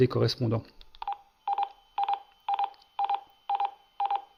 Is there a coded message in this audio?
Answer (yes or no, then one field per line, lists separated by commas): no